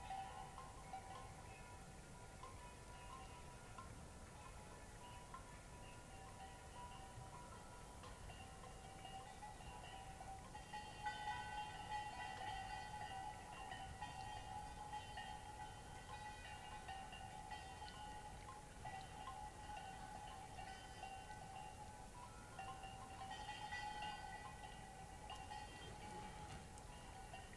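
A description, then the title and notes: A cloudy night beside a mountain lake, filled with a steady chorus of ringing, chime-like tones that sits over a soft, low rush. The high ringing swells a little louder around the middle and again near the end, then settles back. This was recorded on a cloudy night beside Taylor Lake in the Russian Wilderness, Klamath National Forest, Siskiyou County, California. The recording starts at around midnight and continues until sunrise. The night was fairly calm with a faint breeze blowing through the treetops. Midnight Till Morning Beside Taylor Lake.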